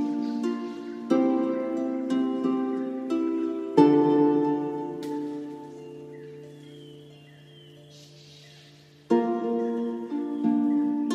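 Mystical Celtic music with struck or plucked notes ringing over a held low drone. New chords arrive every second or so, then a long ringing stretch fades quietly until a fresh strong chord at about nine seconds. A faint airy hiss drifts in near eight seconds.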